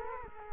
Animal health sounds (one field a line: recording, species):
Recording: mosquito wingbeat signal from an infrared sensor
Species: Culex quinquefasciatus